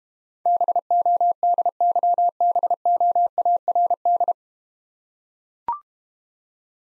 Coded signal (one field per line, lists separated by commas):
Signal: Morse code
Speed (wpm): 31 wpm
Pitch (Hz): 700 Hz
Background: none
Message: BODYBOARD